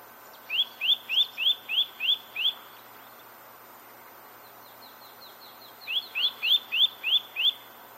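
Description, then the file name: Eurasian nuthatch calling in two runs of clear rising whistled notes in quick succession, separated by a pause of about three seconds, with a fainter, higher series of similar notes in between. "Sitta europaea"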